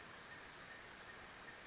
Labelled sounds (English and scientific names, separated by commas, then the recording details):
Western Flycatcher (Empidonax difficilis)
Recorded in Sonoma County, California